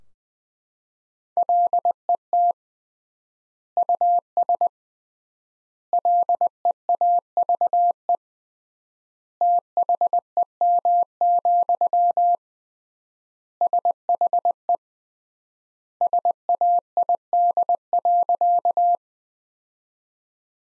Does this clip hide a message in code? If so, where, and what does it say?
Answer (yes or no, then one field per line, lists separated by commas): yes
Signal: Morse code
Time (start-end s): 1.4-18.9 s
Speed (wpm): 20 wpm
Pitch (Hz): 700 Hz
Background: none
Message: LET US LEAVE THEM, SHE SAID.